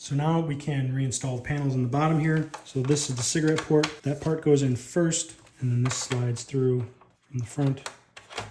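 Someone talks while reinstalling the cigarette-lighter port trim panel into the lower dash panel of a non-Bose 2019-2024 Silverado/Sierra during a Z-Innovations 13.1" screen upgrade, hooking that part in first and then sliding the panel through from the front. Brief handling noises are heard near the end, but the panel has not yet seated or clicked into place when the clip ends.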